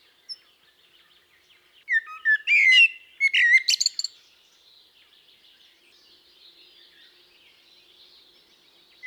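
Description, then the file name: Common blackbird song, a brief warbled phrase of mellow notes ending in high thin twitters, set between long quiet stretches. "Turdus merula"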